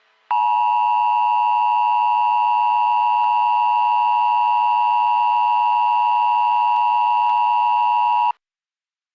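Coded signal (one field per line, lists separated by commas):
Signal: Emergency Alert System (SAME) tones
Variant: 853 and 960 Hz attention tone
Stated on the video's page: Fictional EAS scenario, a simulated alert about an illness outbreak, not a real broadcast.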